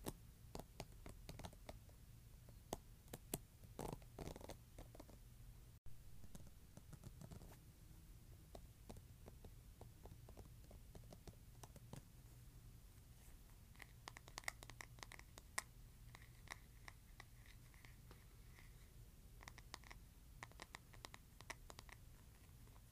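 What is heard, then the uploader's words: A hairbrush scratches in quick, uneven strokes over a steady low hum, with dense bursts early, a pause near six seconds, and brighter clusters later. ASMR Scratching Hairbrush.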